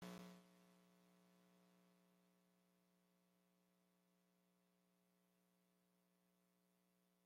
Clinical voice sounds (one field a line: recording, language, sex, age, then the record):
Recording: spoken sentence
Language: Brazilian Portuguese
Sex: female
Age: 60 to 69 years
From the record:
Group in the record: control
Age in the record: 67 years